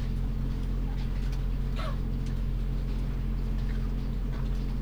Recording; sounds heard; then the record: poultry house recording; sick chickens (respiratory disease)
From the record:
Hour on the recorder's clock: 22